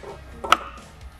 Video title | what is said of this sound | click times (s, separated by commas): How to Install and Uninstall your Double Roller Shades! - SelectBlinds | then we'll want to slot our motor in and we'll know that it's fully installed when we hear a little snap from over here | 0.5 s